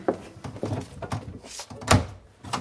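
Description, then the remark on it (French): A door being opened with a series of dull, heavy thuds and rattling bumps, the loudest thump coming near the end, with no voices. “Ouvre la porte.”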